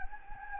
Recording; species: mosquito wingbeat signal from an infrared sensor; Anopheles gambiae